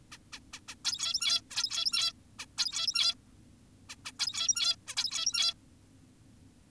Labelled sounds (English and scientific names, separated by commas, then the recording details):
Zebra Finch (Taeniopygia guttata)
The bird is an adult
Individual g17y2U